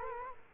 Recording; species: mosquito wingbeat signal from an infrared sensor; Culex quinquefasciatus